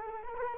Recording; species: mosquito wingbeat signal from an infrared sensor; Culex quinquefasciatus